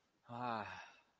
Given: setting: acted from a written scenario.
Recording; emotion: vocal sound without words; contentment